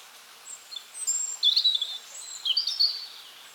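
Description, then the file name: European robin singing thin, high, silvery notes, each phrase a quick jumble of sliding whistles and twitters, with a faint background hiss. "Erithacus rubecula"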